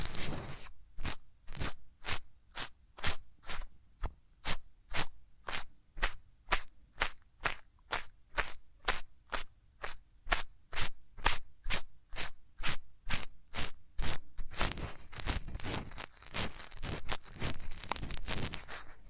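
Hands rub over the ears in a steady rhythm, each stroke a soft, bright scrape arriving about twice a second. After roughly fourteen seconds the rubbing turns faster and denser, the strokes blurring into a continuous rustle. No voice is heard.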